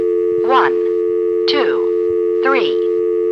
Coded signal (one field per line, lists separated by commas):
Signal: telephone call progress tone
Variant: North America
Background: speech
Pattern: dial tone